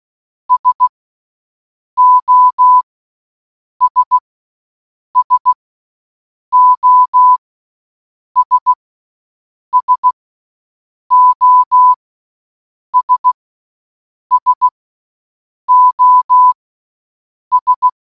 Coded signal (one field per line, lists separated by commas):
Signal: Morse code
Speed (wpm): 16 wpm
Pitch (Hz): 1000 Hz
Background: none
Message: SOS SOS SOS SOS